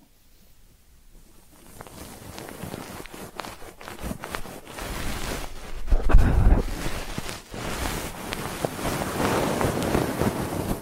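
Ear cleaning sounds begin faint and grow louder, with rapid crackling scratches and rubbing, and a heavy muffled thump around six seconds.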